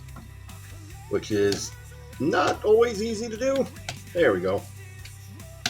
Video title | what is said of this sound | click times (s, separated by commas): TakaraTomy Toyrise T-Spark Genesic GaoGaiGar Review PT1 | And then snap into place just like so. | 5.7 s